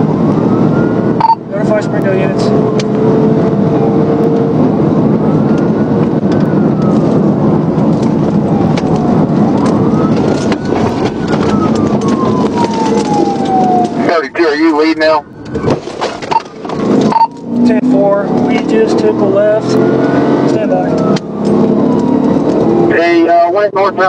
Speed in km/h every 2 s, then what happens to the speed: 158, 171, 172, 150, 103, 60, 45, 48, 71, 93, 109, 124.
0-2 speeds up to 171. 2-12 brakes to 45. 12-24 speeds up to 124.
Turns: 8-13.